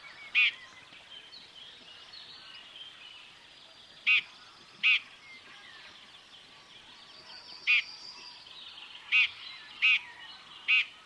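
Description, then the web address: Common chaffinch calls: short sharp harmonic notes given singly and in pairs at irregular intervals over a faint background of birdsong. "Deverinetal 2025 File origin Bird Only Fr Co"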